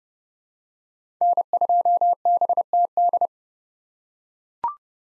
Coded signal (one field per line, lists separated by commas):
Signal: Morse code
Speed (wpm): 30 wpm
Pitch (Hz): 700 Hz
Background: none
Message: N2BTD